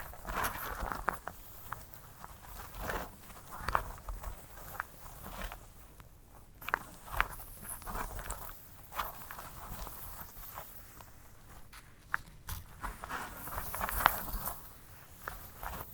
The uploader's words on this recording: ASMR of a Sunflower Head (No Talking).